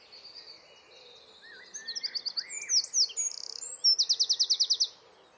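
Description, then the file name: Eurasian wren singing: soft high notes build into sharp whistled phrases, then a fast, loud trill of evenly repeated notes closes the burst. "Troglodytes troglodytes"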